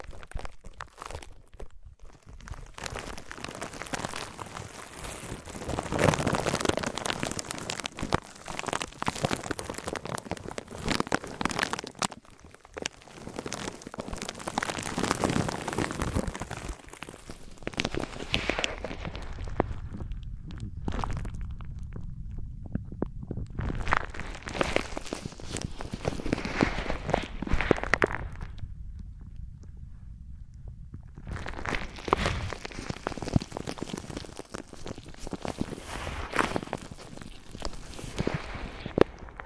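Wood, cork, sponge, foam, glass and plastic rub and crunch in dense, steady textures, turning duller midway, then bright and crackly again.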